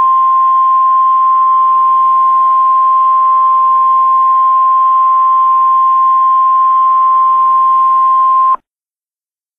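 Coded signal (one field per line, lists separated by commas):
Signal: Emergency Alert System (SAME) tones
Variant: 1050 Hz attention tone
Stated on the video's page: Simulated, requested EAS scenario with local area emergency, hazardous materials, shelter-in-place and civil danger warnings.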